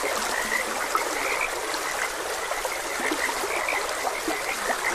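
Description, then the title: Steady frog chorus: short, repeated croaks from many callers blend into one throbbing texture above continuous stream noise. Frogs croaking beside a gentle stream. "Gentle Stream and Frogs Croaking"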